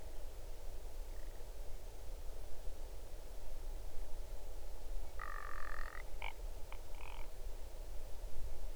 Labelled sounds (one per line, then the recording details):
grouse or ptarmigan
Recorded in the Arctic National Wildlife Refuge, Alaska, on 8 June 2019 at 00:15
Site 40